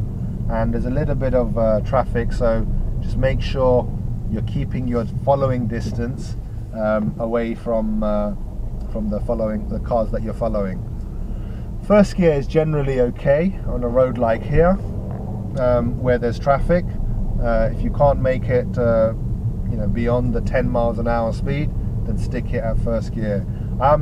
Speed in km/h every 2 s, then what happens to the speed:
15, 11, 5, 8, 8, 8, 13, 13, 16, 16, 16, 18.
0-5 slows to 5. 5-24 speeds up to 18.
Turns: none.